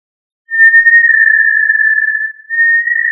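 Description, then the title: Tinamou call, one drawn-out pure whistle held steady for nearly three seconds with a brief dip near the end, in silence. "Familia Tinamidae - Quail - Puyuh"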